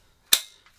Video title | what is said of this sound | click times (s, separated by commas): AATV Cyma CM.045A - AKSU Airsoft Replica Review | it then latches against the side of the receiver | 0.3 s